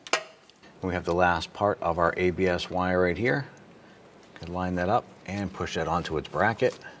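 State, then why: Not seated. On a 2008-2012 Honda Accord, during a driver side front wheel hub replacement, the ABS sensor wire's plastic clip is handled and lined up to be pushed onto its metal bracket on the steering knuckle of the front suspension. Someone talks over a couple of brief handling sounds near the start. The clip has not seated or clicked onto the bracket yet.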